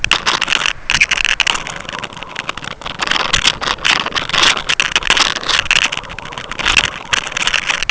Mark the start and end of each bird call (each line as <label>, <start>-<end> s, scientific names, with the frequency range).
Calcarius lapponicus (3.6-4.3 kHz), 6.91-7.08 s